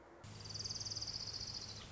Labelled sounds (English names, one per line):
Orange-crowned Warbler